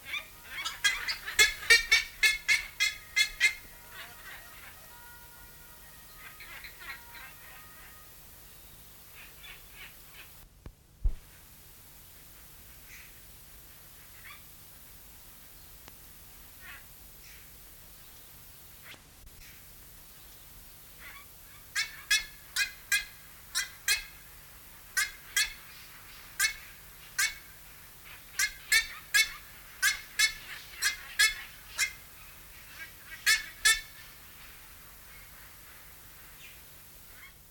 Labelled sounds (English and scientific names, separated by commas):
Black-faced Ibis (Theristicus melanopis) call